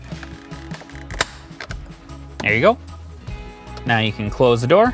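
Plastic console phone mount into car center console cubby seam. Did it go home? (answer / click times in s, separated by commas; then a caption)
yes / 1.2 s. A plastic phone mount, hooked over the top lip of the center console cubby in a 2015-and-later Chevy Suburban, is pressed down and inward by hand, with a few small taps and clicks leading up to a sharp snap at 1.2 s as it seats into the lower seam. Afterward someone talks over background music, and the mount is in place.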